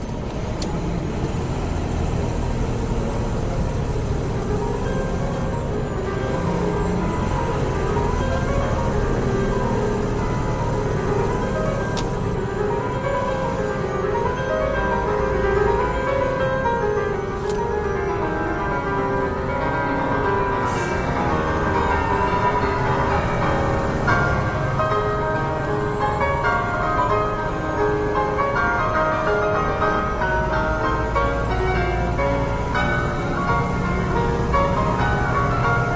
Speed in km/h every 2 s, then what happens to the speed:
61, 55, 52, 47, 45, 42, 42, 45, 45, 47, 48, 48, 53, 53, 55, 58, 61, 64.
0-12 slows to 42. 12-24 speeds up to 53. 27-36 speeds up to 64.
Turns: none.